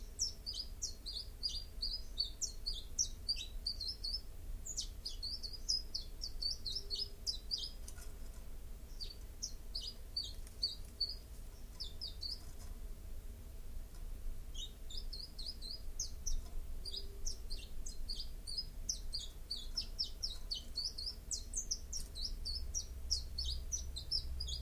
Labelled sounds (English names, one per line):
Common Chiffchaff song